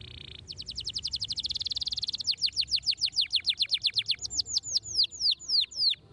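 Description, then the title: Canary opening with a short buzz, then a very fast trill that gradually slows into widely spaced, sweeping whistles. Belgian canary song played to make young canaries active and singing. "Canto Para Esquentar Canário Belga. RANGSANGAN SUARA BURUNG KENARI GACOR - BIKIN KENARI MUDA JADI AKTIF BUNYI DAN BERKICAU"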